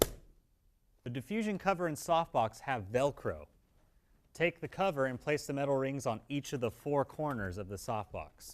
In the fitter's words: and push forward until you hear a click